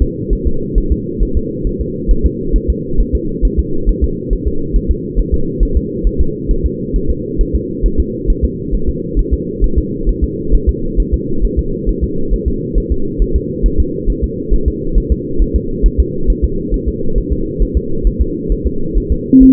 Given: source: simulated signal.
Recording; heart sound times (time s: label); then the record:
fetal heart sounds
0.02 s: S2
0.33 s: S1
0.47 s: S2
0.78 s: S1
0.92 s: S2
1.23 s: S1
1.37 s: S2
1.67 s: S1
1.81 s: S2
2.11 s: S1
2.26 s: S2
2.56 s: S1
2.70 s: S2
3.00 s: S1
3.15 s: S2
3.45 s: S1
3.59 s: S2
3.89 s: S1
4.04 s: S2
4.33 s: S1
4.47 s: S2
4.76 s: S1
4.91 s: S2
5.19 s: S1
5.34 s: S2
5.63 s: S1
5.77 s: S2
6.07 s: S1
6.21 s: S2
6.51 s: S1
6.66 s: S2
6.96 s: S1
7.10 s: S2
7.41 s: S1
7.55 s: S2
7.86 s: S1
8.00 s: S2
8.30 s: S1
8.45 s: S2
8.75 s: S1
8.89 s: S2
9.19 s: S1
9.34 s: S2
9.64 s: S1
9.78 s: S2
10.09 s: S1
10.24 s: S2
10.55 s: S1
10.69 s: S2
11.00 s: S1
11.14 s: S2
11.45 s: S1
11.59 s: S2
11.89 s: S1
12.04 s: S2
12.34 s: S1
12.48 s: S2
12.78 s: S1
12.92 s: S2
13.22 s: S1
13.36 s: S2
13.66 s: S1
13.80 s: S2
14.10 s: S1
14.24 s: S2
14.54 s: S1
14.68 s: S2
14.98 s: S1
15.12 s: S2
15.42 s: S1
15.56 s: S2
15.86 s: S1
16.00 s: S2
16.30 s: S1
16.44 s: S2
16.74 s: S1
16.88 s: S2
17.18 s: S1
17.33 s: S2
17.62 s: S1
17.77 s: S2
18.07 s: S1
18.22 s: S2
18.52 s: S1
18.66 s: S2
18.98 s: S1
19.12 s: S2
19.43 s: S1
From the record:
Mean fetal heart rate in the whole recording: 135 bpm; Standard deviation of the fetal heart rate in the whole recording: 3 bpm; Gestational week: 36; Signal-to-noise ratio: -8.1 dB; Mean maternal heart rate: 72 bpm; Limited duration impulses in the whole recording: present